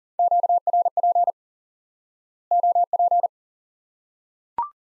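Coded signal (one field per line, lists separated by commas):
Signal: Morse code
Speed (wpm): 40 wpm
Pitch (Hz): 700 Hz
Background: none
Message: QRP OP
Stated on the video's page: High-speed (QRQ) Morse lesson teaching common QSO elements by instant word recognition.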